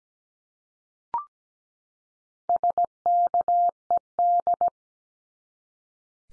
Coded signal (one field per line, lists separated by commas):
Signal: Morse code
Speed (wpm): 17 wpm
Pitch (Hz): 700 Hz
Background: none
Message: SKED